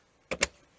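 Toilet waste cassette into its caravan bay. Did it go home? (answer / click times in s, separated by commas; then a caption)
yes / 0.3 s, 0.4 s. A toilet waste cassette on a 2017 Elddis Avante 636 caravan is pushed straight back into its bay in the caravan side. Two sharp clicks are heard at 0.3 s and 0.4 s, and the cassette latches and locks into place.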